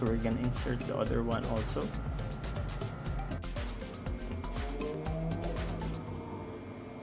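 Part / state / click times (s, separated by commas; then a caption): laptop memory module into motherboard SO-DIMM slot / not seated / none. A second SO-DIMM DDR3L memory module is handled at the memory slot on a Dell Inspiron 7559 laptop motherboard while someone talks over background music. A few faint taps and knocks are heard. Nothing has seated or clicked yet; the module is not yet home.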